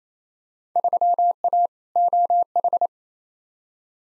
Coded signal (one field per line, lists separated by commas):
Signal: Morse code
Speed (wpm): 27 wpm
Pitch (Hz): 700 Hz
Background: none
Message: 3A OH